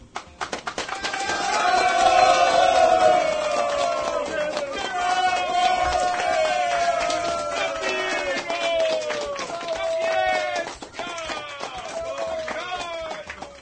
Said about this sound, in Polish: I dlatego pana Bodnera też wielkie brawa.